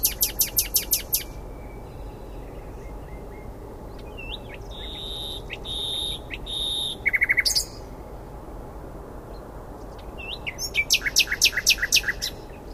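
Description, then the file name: Common nightingale with varied phrases: a rapid rattle of repeated strokes, pure drawn-out whistles, a short buzzy trill, then another fast repeated series. "Luscinia megarhynchos"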